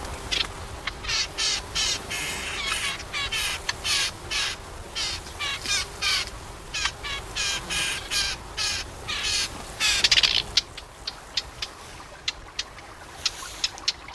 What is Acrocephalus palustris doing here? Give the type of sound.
call